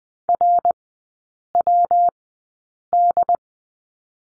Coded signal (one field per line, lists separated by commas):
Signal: Morse code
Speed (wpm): 20 wpm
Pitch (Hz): 700 Hz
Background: none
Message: RWD